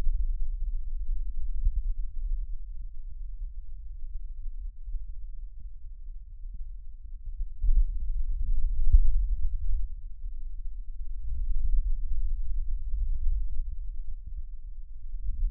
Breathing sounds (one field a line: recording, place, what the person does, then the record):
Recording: lung sounds by stethoscope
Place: left posterior basal chest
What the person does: quiet breathing, then deep breathing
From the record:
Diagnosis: COPD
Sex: male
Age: 70 years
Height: 163 cm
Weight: 64.6 kg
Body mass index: 24.3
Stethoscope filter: bell mode